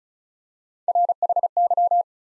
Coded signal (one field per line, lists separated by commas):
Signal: Morse code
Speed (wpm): 36 wpm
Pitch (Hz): 700 Hz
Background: none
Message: RHY